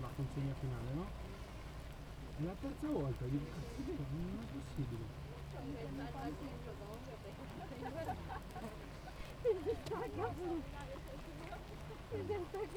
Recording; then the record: honeybee colony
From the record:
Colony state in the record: active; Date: 28 July 2017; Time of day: 7:27